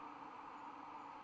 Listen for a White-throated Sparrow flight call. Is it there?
no